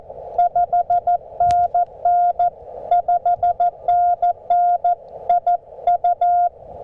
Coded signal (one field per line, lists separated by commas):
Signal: Morse code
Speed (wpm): 15 wpm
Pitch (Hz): 700 Hz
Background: none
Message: 5NN 5NN IU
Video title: QRP CW POTA Activation at US-0548 | CFT1 5-Band Transceiver & Packtenna Setup